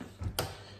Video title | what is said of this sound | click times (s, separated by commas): FRAY BENTOS MAC AND CHEESE PIE REVIEW - FOOD REVIEW SERIES - EPISODE 70 | Grip it and clip it until you hear it, and then just go around like this. | 0.4 s